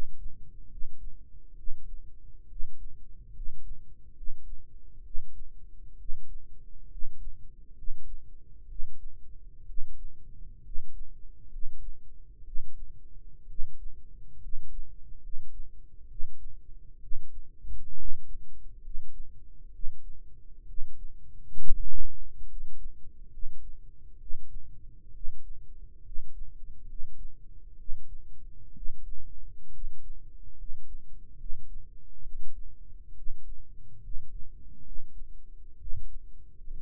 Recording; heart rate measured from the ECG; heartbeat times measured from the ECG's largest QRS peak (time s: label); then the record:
heart sounds by microphone in the right ear; 67 bpm
0.65 s: heartbeat
1.52 s: heartbeat
2.44 s: heartbeat
3.29 s: heartbeat
4.11 s: heartbeat
5.00 s: heartbeat
5.94 s: heartbeat
6.85 s: heartbeat
7.71 s: heartbeat
8.64 s: heartbeat
9.62 s: heartbeat
10.59 s: heartbeat
11.46 s: heartbeat
12.40 s: heartbeat
13.43 s: heartbeat
14.36 s: heartbeat
15.17 s: heartbeat
16.04 s: heartbeat
16.96 s: heartbeat
17.92 s: heartbeat
18.77 s: heartbeat
19.68 s: heartbeat
20.62 s: heartbeat
21.56 s: heartbeat
22.43 s: heartbeat
23.26 s: heartbeat
24.15 s: heartbeat
25.09 s: heartbeat
25.99 s: heartbeat
26.82 s: heartbeat
27.73 s: heartbeat
28.70 s: heartbeat
29.67 s: heartbeat
30.52 s: heartbeat
31.33 s: heartbeat
32.19 s: heartbeat
33.11 s: heartbeat
33.97 s: heartbeat
34.79 s: heartbeat
35.74 s: heartbeat
36.70 s: heartbeat
From the record:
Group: healthy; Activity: rest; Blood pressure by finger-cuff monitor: 93/50 mmHg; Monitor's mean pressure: 59 mmHg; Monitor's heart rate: 65 bpm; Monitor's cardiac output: 7.5 L/min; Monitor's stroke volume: 112 mL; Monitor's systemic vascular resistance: 550 dyn s/cm5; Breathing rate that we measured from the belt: 16 breaths a minute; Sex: male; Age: 22 years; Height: 185 cm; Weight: 112.4 kg